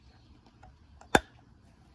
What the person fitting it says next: There it goes, clicks in.